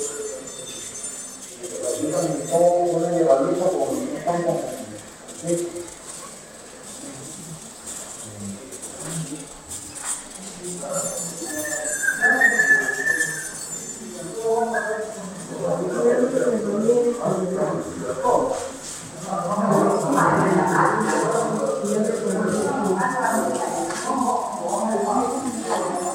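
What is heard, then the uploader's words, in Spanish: Offices at the Carrión hospital in Callao: several voices talk over one another in steady, overlapping conversation for the whole stretch. A brief higher tone rises around the twelve-second mark, and a faint constant hiss sits underneath throughout. Oficinas en el hospital Carrio, Callao.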